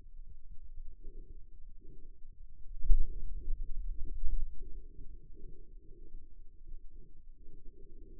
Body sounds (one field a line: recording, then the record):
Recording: forearm muscle sounds (acoustic myography)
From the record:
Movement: finger pinch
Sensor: system 2, bracelet of six BSWA MPA416 microphones around the upper forearm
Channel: 5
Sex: male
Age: 22 years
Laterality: right